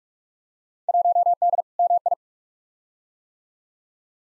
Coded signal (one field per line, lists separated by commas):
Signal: Morse code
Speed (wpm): 46 wpm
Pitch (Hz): 700 Hz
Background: none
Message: 1D MI